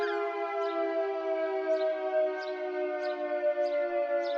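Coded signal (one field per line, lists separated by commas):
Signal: siren signal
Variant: All Clear steady tone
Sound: a steady, unwavering siren wail held at one pitch for the whole clip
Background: faint high chirps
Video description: The last ever "All Clear" signal on the Isle of Man air raid siren network to mark the 75th anniversary of VE Day.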